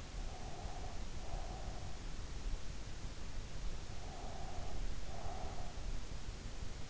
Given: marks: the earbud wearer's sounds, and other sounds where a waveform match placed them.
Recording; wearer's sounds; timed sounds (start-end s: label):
sounds in sleep by an in-ear microphone; breath
0.12-2.13 s: breath
4.07-5.84 s: breath